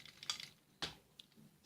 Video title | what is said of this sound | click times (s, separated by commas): KBB MSS-D02-R Impact - KO 3P Masterpiece Thrust - Unboxing and Video Review | together I really liked how the torso on this easily slid down and locked into place you could even hear the click most | 0.3 s